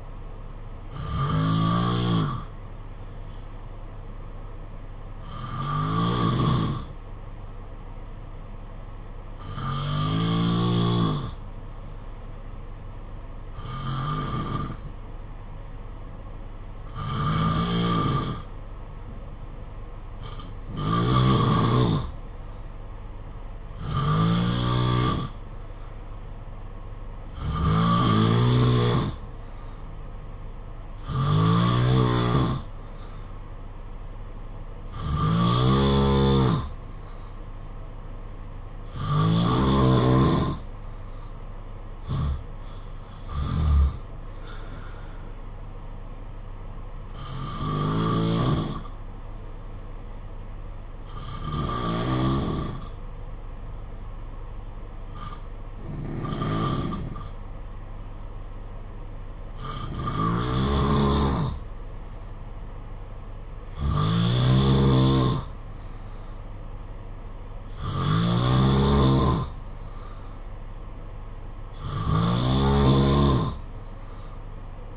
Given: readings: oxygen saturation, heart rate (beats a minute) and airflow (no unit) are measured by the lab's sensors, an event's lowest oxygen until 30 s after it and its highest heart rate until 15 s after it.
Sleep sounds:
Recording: breathing in sleep by a smartphone at the bedside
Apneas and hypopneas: none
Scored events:
none scored
From the record:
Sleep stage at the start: N2 (light sleep)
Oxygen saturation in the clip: 89 to 92%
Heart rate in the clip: 54 to 63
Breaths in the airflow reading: 19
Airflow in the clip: -5.0 to 4.0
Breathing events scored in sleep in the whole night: 476 in 9.7 hours asleep

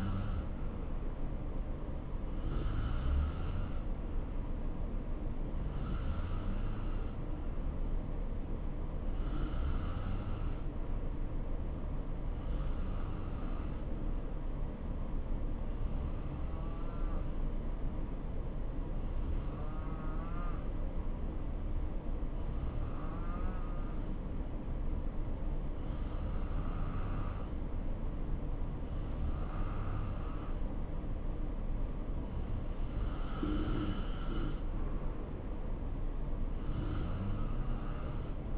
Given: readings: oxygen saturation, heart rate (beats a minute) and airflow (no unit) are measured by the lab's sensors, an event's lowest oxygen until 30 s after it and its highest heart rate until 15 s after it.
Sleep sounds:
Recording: breathing in sleep by a smartphone at the bedside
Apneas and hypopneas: 1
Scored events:
3.00-29.70 s: hypopnea (N2, oxygen 93% highest, then 89% lowest, heart rate 62 at the start, 69 highest)
From the record:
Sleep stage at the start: N2 (light sleep)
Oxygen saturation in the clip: 87 to 93%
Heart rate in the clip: 60 to 69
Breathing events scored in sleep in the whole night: 277 in 7.4 hours asleep

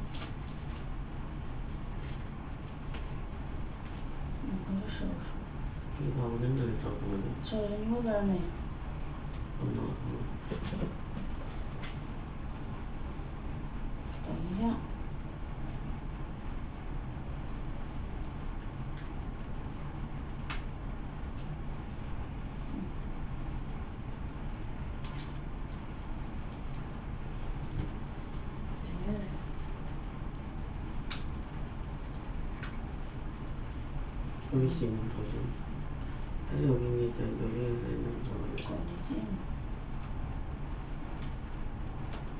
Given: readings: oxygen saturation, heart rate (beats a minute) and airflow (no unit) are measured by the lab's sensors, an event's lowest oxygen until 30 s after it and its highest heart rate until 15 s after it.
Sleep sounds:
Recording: a person awake in a sleep study, by a smartphone at the bedside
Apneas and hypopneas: none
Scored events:
0.00-42.40 s: awake
0.00-42.40 s: awake
From the record:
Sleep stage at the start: awake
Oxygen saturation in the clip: 94 to 95%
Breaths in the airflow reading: 22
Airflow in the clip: -0.7 to 0.7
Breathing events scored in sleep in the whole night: 328 in 6.3 hours asleep

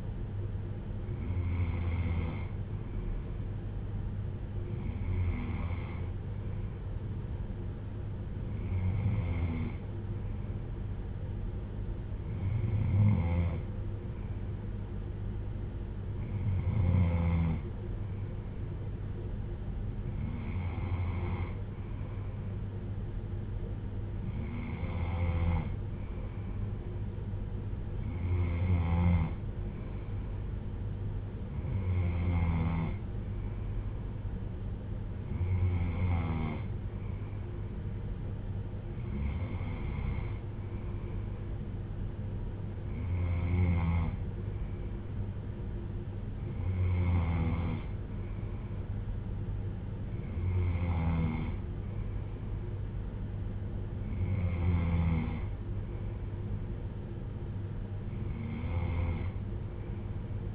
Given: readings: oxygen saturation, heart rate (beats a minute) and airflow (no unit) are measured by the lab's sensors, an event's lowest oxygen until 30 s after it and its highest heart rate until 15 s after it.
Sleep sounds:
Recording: breathing in sleep by a smartphone at the bedside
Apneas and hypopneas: none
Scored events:
none scored
From the record:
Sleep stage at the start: N3 (deep sleep)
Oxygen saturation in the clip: 93 to 95%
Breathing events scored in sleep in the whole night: 310 in 8.1 hours asleep

